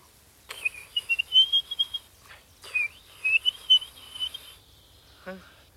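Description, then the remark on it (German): A person whistles an imitation of a blackbird's song: two warbling, fluting phrases in a bright high register, separated by a short pause, ending with a quick falling whistle. “Ich mach mal vielleicht eine Amsel nach.”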